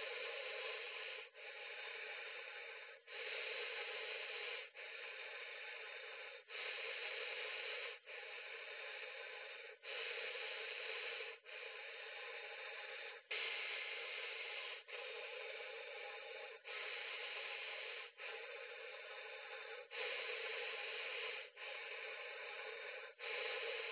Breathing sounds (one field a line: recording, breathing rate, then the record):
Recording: paced breathing near a phone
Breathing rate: 18 breaths a minute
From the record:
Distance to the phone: 20 cm